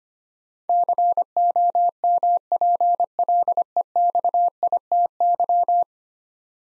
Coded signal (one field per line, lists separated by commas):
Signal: Morse code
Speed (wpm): 25 wpm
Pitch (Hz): 700 Hz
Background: none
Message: COMPLEXITY